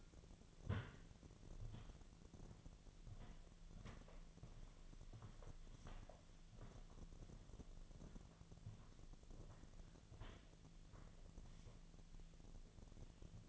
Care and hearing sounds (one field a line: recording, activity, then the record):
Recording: daily activity, microphone in the room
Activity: walk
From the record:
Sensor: 4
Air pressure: 1009.1 hPa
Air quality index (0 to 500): 168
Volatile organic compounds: 4 ppm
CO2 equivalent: 1693 ppm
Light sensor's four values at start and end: 24/76/29/28 and 25/76/29/28